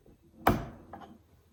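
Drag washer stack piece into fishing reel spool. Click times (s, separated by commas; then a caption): 0.5 s. The first piece of the drag washer stack is pressed into the spool of a Shimano Stradic C3000HG spinning reel during a Carbontex drag washer upgrade. It pops into place with a sharp, loud snap at 0.5 s, followed by a fainter tap at about 0.9 s. The piece is seated.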